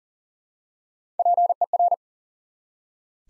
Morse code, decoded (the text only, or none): PER